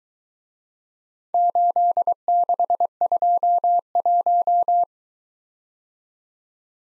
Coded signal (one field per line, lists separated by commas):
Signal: Morse code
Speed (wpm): 23 wpm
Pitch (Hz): 700 Hz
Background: none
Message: 8621